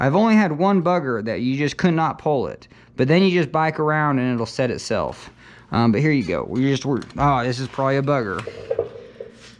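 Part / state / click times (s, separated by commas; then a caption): quick link joining the ends of a bicycle chain / seated / 9.2 s. A quick link joining the ends of a bicycle chain is worked into place and the chain is pulled to close it, while someone talks. A short, sharp snap at 9.2 s marks the link seating closed.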